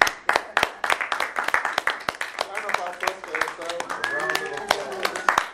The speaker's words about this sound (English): That's good though. Clap for yourselves.